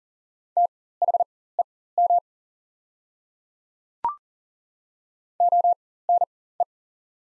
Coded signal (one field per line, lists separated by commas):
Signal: Morse code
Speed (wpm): 40 wpm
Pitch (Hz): 700 Hz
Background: none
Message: THEM ONE